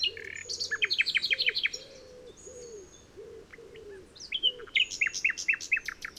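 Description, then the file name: Common nightingale song: rapid series of sharp descending high notes in bursts, with a steady low hooting coo repeated beneath through the first half. "Luscinia megarhynchos"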